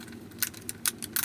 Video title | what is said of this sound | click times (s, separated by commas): How To Change Guards On A Trimmer Easily-Tutorial | And if you hear that clicking, you're good, okay? | 0.4 s, 0.6 s, 0.7 s, 0.9 s, 1.0 s, 1.2 s